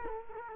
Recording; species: mosquito wingbeat signal from an infrared sensor; Culex quinquefasciatus